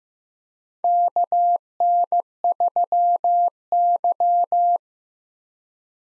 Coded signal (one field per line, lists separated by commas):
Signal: Morse code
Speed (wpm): 15 wpm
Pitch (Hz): 700 Hz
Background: none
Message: KN3Y